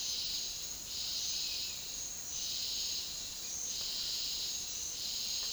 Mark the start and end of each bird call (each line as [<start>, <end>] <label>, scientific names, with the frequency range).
[1.33, 1.92] Tyrannulus elatus (2.1-2.7 kHz)